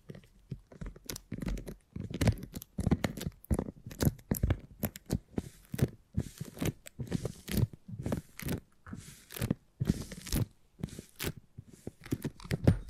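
Beeswax being handled in tingly sounds: a fast, busy run of sticky crackles, snaps and soft tearing noises, each burst bright and crisp. The bursts come in quick clusters, several per second, with brief pauses between, and the texture stays dense throughout.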